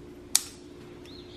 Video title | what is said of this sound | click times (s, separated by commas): How To Clean EGR On 6.7 Cummins (2017 Ram 3500) | locks into place | 0.3 s